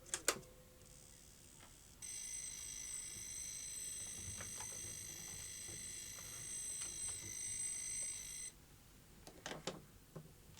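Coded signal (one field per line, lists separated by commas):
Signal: computer data on cassette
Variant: Sharp pocket computer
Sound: clicks, then about six seconds of steady high-pitched whine of tape tones, then clicks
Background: button clicks, handling noise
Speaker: cassette load there's probably a shortcut to that but i don't know what it is i believe that's worked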